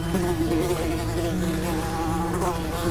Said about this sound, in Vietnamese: Xung quanh tôi, những tiếng vo ve lại nổi lên.